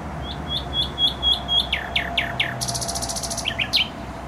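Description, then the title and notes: Nightingale phrase of a series of clear whistled notes, then slurred downward notes and a rapid high trill. Singing in bushes close to a noisy motorway, Trasa Toruńska, Bródno-Podgrodzie, Warsaw, Poland; recorded with an Olympus LS-11. "Bródno-Podgrodzie, Warszawa, Polska - Trasa Toruńska Nightingale. Recording nightingale singing in bushes close to noisy motorway"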